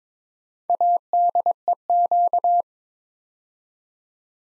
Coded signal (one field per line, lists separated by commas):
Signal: Morse code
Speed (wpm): 22 wpm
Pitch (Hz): 700 Hz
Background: none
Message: ADEQ